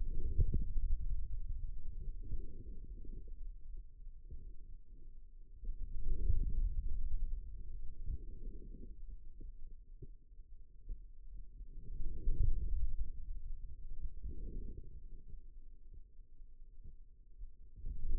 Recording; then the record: forearm muscle sounds (acoustic myography)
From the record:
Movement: hand closing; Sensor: system 2, bracelet of six BSWA MPA416 microphones around the upper forearm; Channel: 4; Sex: male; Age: 22 years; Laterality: right